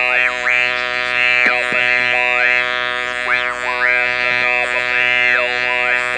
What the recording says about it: Read a brief passage for you with the electrolarynx held in front of my lips. Paragraph from Brideshead Revisited.